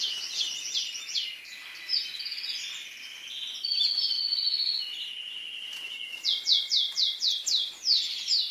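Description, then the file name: Canary song of varied warbled phrases, finishing with a series of sweeping downward notes. Song of a Spanish breed canary. "canto do canario raca espanhola"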